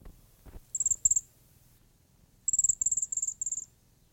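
Cedar Waxwing giving very high, thin, beaded trilled notes, first as a short pair, then as a longer quick series.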